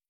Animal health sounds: hydrophone in a shrimp aquaculture tank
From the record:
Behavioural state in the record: starved

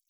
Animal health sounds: hydrophone in a shrimp aquaculture tank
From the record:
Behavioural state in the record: normal

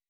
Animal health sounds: hydrophone in a shrimp aquaculture tank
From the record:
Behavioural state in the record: weakened

